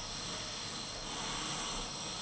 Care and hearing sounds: daily activity, microphone in the room; vacuum cleaning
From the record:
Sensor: 4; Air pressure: 991.8 hPa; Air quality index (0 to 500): 113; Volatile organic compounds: 20 ppm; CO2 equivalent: 2690 ppm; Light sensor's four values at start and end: 19/62/23/23 and 19/62/23/23

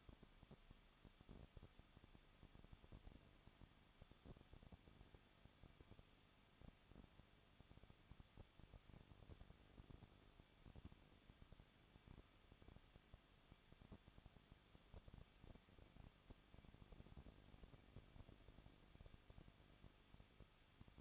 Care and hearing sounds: daily activity, microphone in the room; no activity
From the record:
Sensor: 4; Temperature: 23.0 degrees Celsius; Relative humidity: 34.0%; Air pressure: 1007.3 hPa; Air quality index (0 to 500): 215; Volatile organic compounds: 15 ppm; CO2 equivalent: 2479 ppm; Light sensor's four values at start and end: 2/3/1/1 and 2/3/1/1

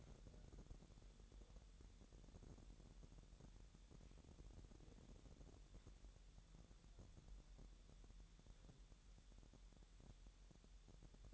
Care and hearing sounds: daily activity, microphone in the room; wipe stove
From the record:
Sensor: 3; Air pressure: 1000.8 hPa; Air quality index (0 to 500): 248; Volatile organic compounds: 174 ppm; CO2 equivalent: 4121 ppm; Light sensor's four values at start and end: 11/27/11/11 and 11/27/11/11

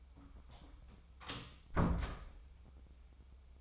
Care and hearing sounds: daily activity, microphone in the room; close door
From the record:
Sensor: 1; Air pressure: 996.1 hPa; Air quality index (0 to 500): 44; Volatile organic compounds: 1 ppm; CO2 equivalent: 921 ppm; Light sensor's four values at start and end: 14/34/14/16 and 14/33/14/16

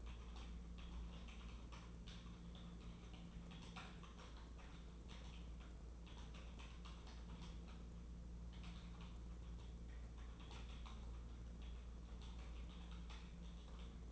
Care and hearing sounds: daily activity, microphone in the room; typing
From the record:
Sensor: 1

